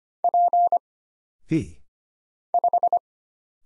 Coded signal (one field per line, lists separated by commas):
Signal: Morse code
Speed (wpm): 25 wpm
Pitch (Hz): 700 Hz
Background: none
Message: P 5